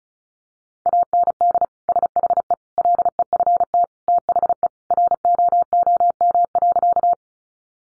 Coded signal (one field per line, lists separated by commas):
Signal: Morse code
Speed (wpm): 34 wpm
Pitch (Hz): 700 Hz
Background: none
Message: AND SHE LEFT THE ROOM.